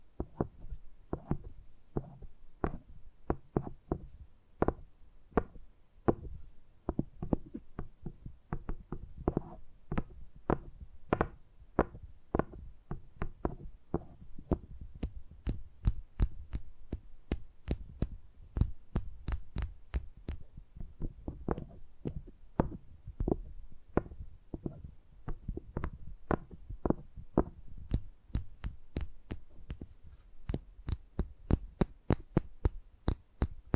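Crisp tapping plays throughout, sharp individual taps falling in quick irregular bursts with brief pauses, sometimes bunching into rapid rolls. Each tap has a soft low thump under a brighter click. A faint low hum sits steadily beneath.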